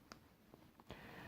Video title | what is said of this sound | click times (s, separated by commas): Hot Wheels Star Wars Obi-Wan Kenobi's Jedi Starfighter | it clicks it's now in stable form | 0.1 s